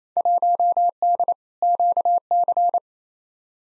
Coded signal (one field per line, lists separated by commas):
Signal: Morse code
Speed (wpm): 27 wpm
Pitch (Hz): 700 Hz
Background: none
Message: 1D QC